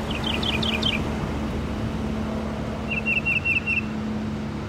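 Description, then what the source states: Northern Mockingbird song, a burst of quick descending chirped notes, a pause, then a run of five short even whistled notes over a steady low hum. Mimicked song made almost entirely of other birds' songs, possibly Carolina wren, blue jay and song sparrow; a typical male can sing up to 400 different songs.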